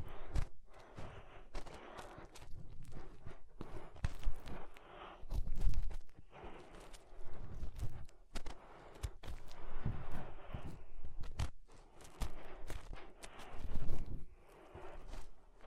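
Fingers rub and scrape inside an ear, making rough, muffled rustling in uneven bursts that swell and fade every second or two. Sharp clicks and pops cut through often, with deep thumping underneath and a few brief quiet gaps.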